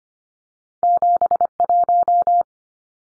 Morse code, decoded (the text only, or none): 71